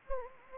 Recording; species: mosquito wingbeat signal from an infrared sensor; Anopheles gambiae